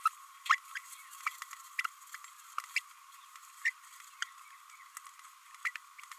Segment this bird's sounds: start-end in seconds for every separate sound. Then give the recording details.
0.05-0.09, 0.49-0.58, 1.26-1.29, 2.75-2.81, 3.64-3.71, 5.64-5.71. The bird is a female. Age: 26 days. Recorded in a nest box in Venezuela. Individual 17B32A7